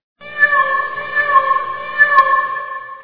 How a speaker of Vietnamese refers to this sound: Hôm ấy tôi cùng các con ra bãi đất ngoài vùng Arizona vắng vẻ để đốt rác hàng tuần. Khi tới gần một cái hố còn đang âm ỉ, chúng tôi nghe thấy tiếng kêu thương tâm của một chú mèo đang bị chôn vùi giữa đống lửa.